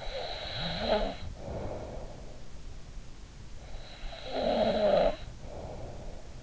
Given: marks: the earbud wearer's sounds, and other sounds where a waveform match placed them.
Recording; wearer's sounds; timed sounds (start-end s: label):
sounds in sleep by an in-ear microphone; snoring breath
0.00-2.63 s: snoring breath
3.77-6.42 s: snoring breath